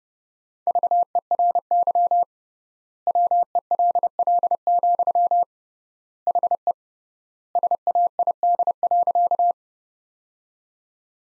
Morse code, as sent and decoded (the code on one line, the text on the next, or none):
...- . .-. -.-- / .-- . .-.. .-.. --..-- / .... . / ... .- .. -.. .-.-.-
VERY WELL, HE SAID.